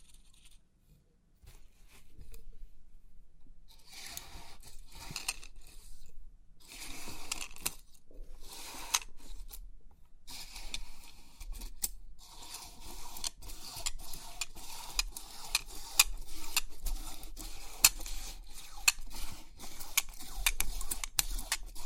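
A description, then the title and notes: Crisp 3D pin art tingles: rapid, dense clicking and rattling of many small pins, coming in bursts with short silent gaps early on, then running nearly continuously after about 12 seconds. The sounds are bright and sharp, with scattered louder ticks throughout. Crisp 3D Pin Art Tingles(No Talking).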